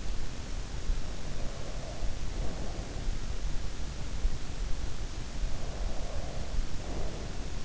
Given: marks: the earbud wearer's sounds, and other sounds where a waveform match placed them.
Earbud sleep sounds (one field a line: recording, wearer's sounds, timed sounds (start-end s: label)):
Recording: sounds in sleep by an in-ear microphone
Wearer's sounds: breath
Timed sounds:
0.93-3.34 s: breath
5.26-7.65 s: breath